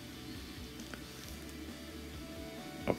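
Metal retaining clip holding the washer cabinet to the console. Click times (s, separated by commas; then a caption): 2.9 s. A metal retaining clip holding a Whirlpool washer's cabinet and console together is pushed down by hand. Over a steady, faint musical background, a small tick sounds at 0.9 s, then the clip snaps sharply into place with a click at 2.9 s. The clip is seated, holding the cabinet and console together.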